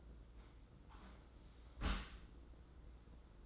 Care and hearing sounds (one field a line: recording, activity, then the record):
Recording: daily activity, microphone in the room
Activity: close dishwasher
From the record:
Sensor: 3